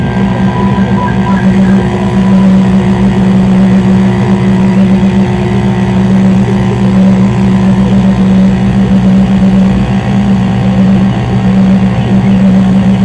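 A steady electrical hum from three receivers and amplifiers, unchanging across the whole stretch. A strong low drone sits at the bottom with a fainter buzzing band and thin whining tones above it, and the level holds constant throughout.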